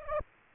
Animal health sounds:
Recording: mosquito wingbeat signal from an infrared sensor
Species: Aedes aegypti

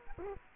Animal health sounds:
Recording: mosquito wingbeat signal from an infrared sensor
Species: Culex quinquefasciatus

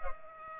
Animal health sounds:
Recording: mosquito wingbeat signal from an infrared sensor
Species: Culex pipiens

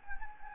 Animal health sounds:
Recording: mosquito wingbeat signal from an infrared sensor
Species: Anopheles gambiae

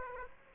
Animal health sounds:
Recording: mosquito wingbeat signal from an infrared sensor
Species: Aedes aegypti

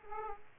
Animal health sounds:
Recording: mosquito wingbeat signal from an infrared sensor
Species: Aedes aegypti

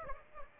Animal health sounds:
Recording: mosquito wingbeat signal from an infrared sensor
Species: Aedes aegypti

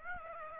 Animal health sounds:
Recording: mosquito wingbeat signal from an infrared sensor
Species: Aedes aegypti

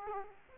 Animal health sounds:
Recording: mosquito wingbeat signal from an infrared sensor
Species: Aedes aegypti

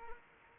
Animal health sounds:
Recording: mosquito wingbeat signal from an infrared sensor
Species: Anopheles arabiensis

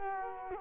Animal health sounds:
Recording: mosquito wingbeat signal from an infrared sensor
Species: Culex quinquefasciatus

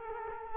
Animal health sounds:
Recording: mosquito wingbeat signal from an infrared sensor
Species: Culex quinquefasciatus

